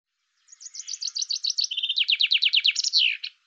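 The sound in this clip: Bird song: a fast high trill of repeated notes, then a short steady note and a series of descending strokes, ending in a brief flourish; otherwise quiet.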